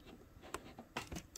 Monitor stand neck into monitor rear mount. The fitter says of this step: și dorește să facă clanc I auziți l trebuia să mă forțez eu un pic mai bine